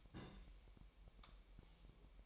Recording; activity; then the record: daily activity, microphone in the room; place on stove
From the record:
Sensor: 1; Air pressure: 1002.0 hPa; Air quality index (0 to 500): 248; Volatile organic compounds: 52 ppm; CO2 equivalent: 3322 ppm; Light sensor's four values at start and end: 6/13/5/6 and 6/13/5/6